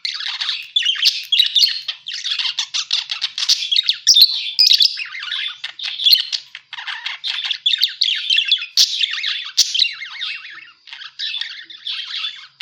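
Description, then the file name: Parakeet warbling chatter running almost without break, mixing harsh squawky notes and thin high chirps. Lure sound used to attract and catch parakeets. "pancingan suara burung parkit"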